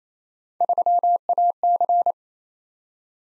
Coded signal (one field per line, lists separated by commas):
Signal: Morse code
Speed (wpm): 27 wpm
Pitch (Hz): 700 Hz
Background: none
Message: 3AC